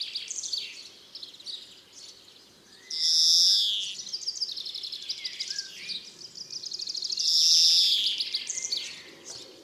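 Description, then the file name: European greenfinch alternating dry twittering trills with two long, loud buzzy wheezes about four seconds apart. "Chloris chloris"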